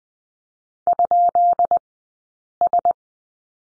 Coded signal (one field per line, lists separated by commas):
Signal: Morse code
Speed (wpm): 20 wpm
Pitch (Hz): 690 Hz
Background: none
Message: ?S